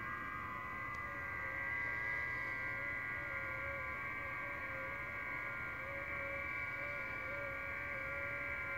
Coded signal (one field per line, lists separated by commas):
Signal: FT8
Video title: 1AΦC, Order of Malta, EUROPE, 7MHz, FT8, Worked by HL2WA